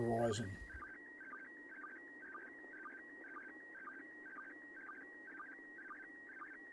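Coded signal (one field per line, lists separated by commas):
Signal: SSTV (slow-scan television)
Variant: PD 120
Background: speech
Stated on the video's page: SSTV images received from the International Space Station.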